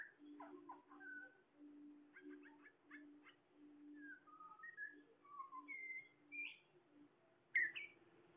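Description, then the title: Bird song with scattered clear whistled notes and short chirps, some sliding up or down, over a steady low hum, ending with one sharper louder note. "SuaraBurung Kicau"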